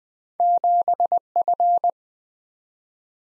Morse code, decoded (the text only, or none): 7F